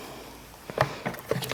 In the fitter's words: and locks into place.